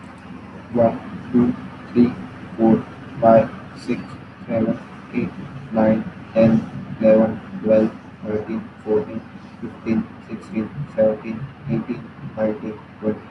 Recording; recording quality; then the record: counting at a normal pace; excellent, no background noise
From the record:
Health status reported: healthy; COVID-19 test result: not tested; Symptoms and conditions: cough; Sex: male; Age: 23 years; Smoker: yes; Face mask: not worn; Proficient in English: yes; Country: India